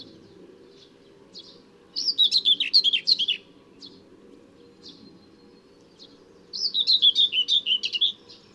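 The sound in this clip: Common whitethroat giving two rapid, grating warbled phrases around four seconds apart, with a few soft single notes scattered in the pause.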